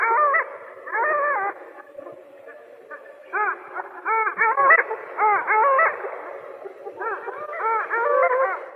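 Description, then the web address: Long-tailed duck calls, nasal yodelling notes that rise and fall in quick bursts, several birds overlapping in a busy chorus with short gaps. "Uzbek hayvonlar. Clangula hyemalis"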